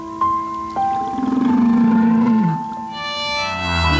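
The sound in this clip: Whale vocalization: sustained tonal moans with steady high notes, then a lower wavering groan that drops away, followed by a rich harmonic tone.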